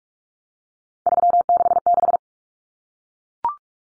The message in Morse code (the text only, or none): 366